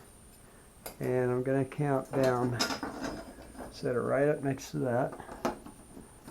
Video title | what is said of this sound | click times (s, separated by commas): Part 2a. Install Track Shelving on a Wall | make sure it's locked into place | 5.5 s